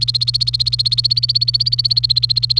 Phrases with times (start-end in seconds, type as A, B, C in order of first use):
0.00-2.59 A